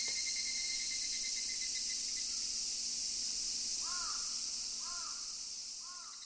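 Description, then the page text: Crow caws, three hoarse arched calls about one second apart in the second half, over a constant high insect drone with a pulsed ringing tone early on. Summer evening, calling alongside evening cicadas. "夏の夕暮れ(蜩、鴉の声). Tuneforest"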